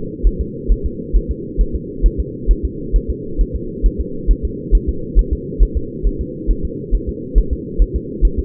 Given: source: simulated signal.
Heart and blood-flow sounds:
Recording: fetal heart sounds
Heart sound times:
0.27 s: S1
0.41 s: S2
0.72 s: S1
0.86 s: S2
1.16 s: S1
1.31 s: S2
1.61 s: S1
1.76 s: S2
2.06 s: S1
2.20 s: S2
2.51 s: S1
2.65 s: S2
2.96 s: S1
3.10 s: S2
3.41 s: S1
3.56 s: S2
3.86 s: S1
4.01 s: S2
4.31 s: S1
4.45 s: S2
4.75 s: S1
4.89 s: S2
5.19 s: S1
5.33 s: S2
5.63 s: S1
5.77 s: S2
6.07 s: S1
6.21 s: S2
6.51 s: S1
6.65 s: S2
6.95 s: S1
7.09 s: S2
7.38 s: S1
7.53 s: S2
7.82 s: S1
7.96 s: S2
8.25 s: S1
8.39 s: S2
From the record:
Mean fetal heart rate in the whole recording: 135 bpm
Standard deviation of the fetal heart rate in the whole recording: 3 bpm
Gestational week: 36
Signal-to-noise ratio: -4.3 dB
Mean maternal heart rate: 72 bpm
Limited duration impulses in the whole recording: absent

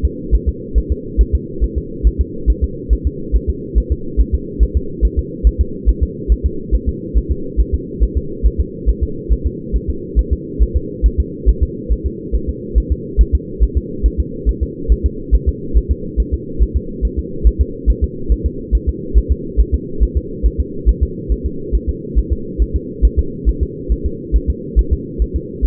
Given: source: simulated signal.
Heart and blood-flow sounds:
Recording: fetal heart sounds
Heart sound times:
0.05 s: S2
0.35 s: S1
0.49 s: S2
0.78 s: S1
0.92 s: S2
1.21 s: S1
1.35 s: S2
1.64 s: S1
1.78 s: S2
2.07 s: S1
2.21 s: S2
2.50 s: S1
2.64 s: S2
2.93 s: S1
3.07 s: S2
3.36 s: S1
3.50 s: S2
3.78 s: S1
3.92 s: S2
4.21 s: S1
4.35 s: S2
4.63 s: S1
4.77 s: S2
5.05 s: S1
5.19 s: S2
5.47 s: S1
5.61 s: S2
5.89 s: S1
6.03 s: S2
6.32 s: S1
6.46 s: S2
6.75 s: S1
6.89 s: S2
7.17 s: S1
7.31 s: S2
7.60 s: S1
7.75 s: S2
8.03 s: S1
8.18 s: S2
8.46 s: S1
8.61 s: S2
8.89 s: S1
9.03 s: S2
9.33 s: S1
9.47 s: S2
9.76 s: S1
9.90 s: S2
10.19 s: S1
10.33 s: S2
10.62 s: S1
10.77 s: S2
11.06 s: S1
11.20 s: S2
11.49 s: S1
11.63 s: S2
11.92 s: S1
12.06 s: S2
12.35 s: S1
12.49 s: S2
12.78 s: S1
12.92 s: S2
13.21 s: S1
13.35 s: S2
13.63 s: S1
13.77 s: S2
14.06 s: S1
14.20 s: S2
14.49 s: S1
14.63 s: S2
14.92 s: S1
15.06 s: S2
15.35 s: S1
15.49 s: S2
15.77 s: S1
15.91 s: S2
16.20 s: S1
16.34 s: S2
16.62 s: S1
16.77 s: S2
17.05 s: S1
17.19 s: S2
17.47 s: S1
17.61 s: S2
17.90 s: S1
18.04 s: S2
18.32 s: S1
18.46 s: S2
18.75 s: S1
18.89 s: S2
19.18 s: S1
19.32 s: S2
19.60 s: S1
19.75 s: S2
20.03 s: S1
20.17 s: S2
20.46 s: S1
20.60 s: S2
20.89 s: S1
21.03 s: S2
21.32 s: S1
21.46 s: S2
21.75 s: S1
21.89 s: S2
22.18 s: S1
22.33 s: S2
22.62 s: S1
22.76 s: S2
23.05 s: S1
23.19 s: S2
23.49 s: S1
23.63 s: S2
23.92 s: S1
24.06 s: S2
24.36 s: S1
24.50 s: S2
24.79 s: S1
24.93 s: S2
25.22 s: S1
25.36 s: S2
25.65 s: S1
From the record:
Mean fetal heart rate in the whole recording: 140 bpm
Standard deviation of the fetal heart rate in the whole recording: 2 bpm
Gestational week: 34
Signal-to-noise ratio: -4.3 dB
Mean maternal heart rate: 72 bpm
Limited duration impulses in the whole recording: absent

